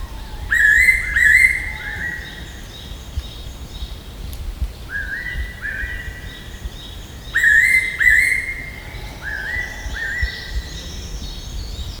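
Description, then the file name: Fairy pitta song: clear whistled two-note phrases, repeated in pairs every few seconds. "yairotyo"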